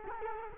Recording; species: mosquito wingbeat signal from an infrared sensor; Culex quinquefasciatus